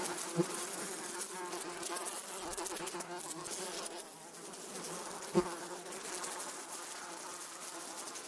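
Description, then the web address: Bee buzzing, a steady low hum under dense hissing noise, with two brief sharp knocks, one near the start and one later on. "пчела"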